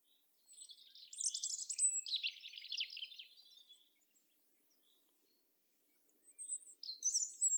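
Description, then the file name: European robin song, a high warbling phrase with whistles and trills, a pause, then another bright phrase begins. "Erithacus rubecula"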